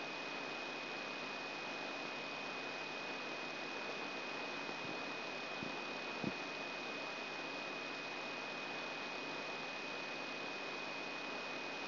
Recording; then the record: brain microelectrode recording played as sound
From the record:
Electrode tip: outside the subthalamic nucleus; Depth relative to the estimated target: 3.5 mm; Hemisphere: left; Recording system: AlphaMap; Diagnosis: Parkinson's disease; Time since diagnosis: 6 years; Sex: female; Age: 40 years